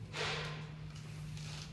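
Two halves of an MC4 solar DC connector, each with a plastic housing and a metal crimp pin, are handled as they are pressed toward each other to lock. Faint scraping and rustling is heard with a steady low hum, plus a brief louder rustle at 1.4 s. Nothing has seated or clicked yet.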